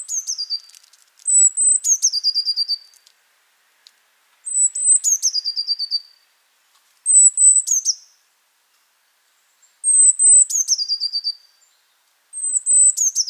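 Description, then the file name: Eurasian blue tit phrases: a very high thin whistle dropping into a fast, descending trill, given several times with short pauses between. "Cyanistes caeruleus"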